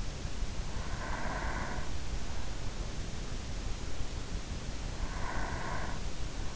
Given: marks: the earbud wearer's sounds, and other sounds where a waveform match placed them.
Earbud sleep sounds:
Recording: sounds in sleep by an in-ear microphone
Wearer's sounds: breath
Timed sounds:
0.28-2.19 s: breath
5.19-6.56 s: breath

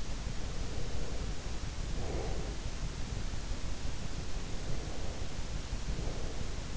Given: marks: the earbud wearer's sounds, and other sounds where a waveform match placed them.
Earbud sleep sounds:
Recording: sounds in sleep by an in-ear microphone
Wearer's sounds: breath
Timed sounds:
0.44-2.76 s: breath
4.48-6.77 s: breath

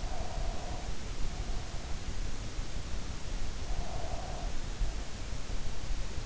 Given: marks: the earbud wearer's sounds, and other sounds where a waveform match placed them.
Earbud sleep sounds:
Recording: sounds in sleep by an in-ear microphone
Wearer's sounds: breath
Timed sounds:
0.01-2.18 s: breath
3.71-5.30 s: breath

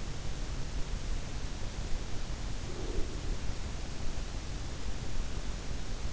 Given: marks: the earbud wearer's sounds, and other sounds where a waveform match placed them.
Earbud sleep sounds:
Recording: sounds in sleep by an in-ear microphone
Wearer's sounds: breath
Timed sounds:
2.55-3.65 s: breath

